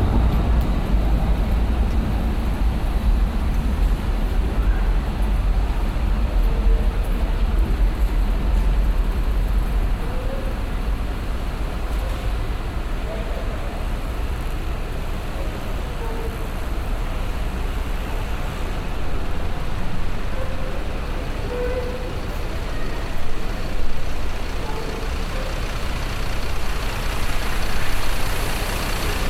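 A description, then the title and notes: A city square with a steady wash of traffic noise, heavy and low, as vehicles rumble past without a break. Faint voices and small scattered sounds surface now and then, and a brighter hiss rises near the end. En Plein Publiek is a series of 4 soundscapes for 'Soundpiece' - a loudspeaker installation underneath the Schouwburplein (square in front of the Municipal Theater) in Rotterdam. The four pieces are based on sound recordings of other squares in the city of Rotterdam, made during the summer of 2011.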